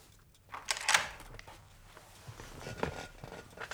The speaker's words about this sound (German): Sekunde noch, ich schließe nur eben die Tür ab.